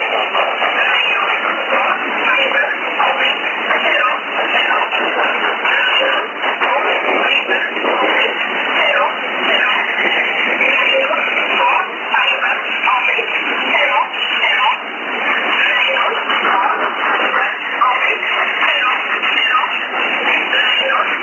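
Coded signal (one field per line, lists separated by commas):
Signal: numbers station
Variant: E11 Oblique, English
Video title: 03 12 2018 E11 Oblique Numbers station in English to Eu 0640 on 11450 unknown tx site in USB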